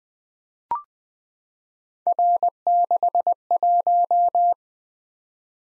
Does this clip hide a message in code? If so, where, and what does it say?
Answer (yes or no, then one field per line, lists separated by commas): yes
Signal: Morse code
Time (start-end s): 2.1-4.5 s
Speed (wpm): 20 wpm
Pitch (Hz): 700 Hz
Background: none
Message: R61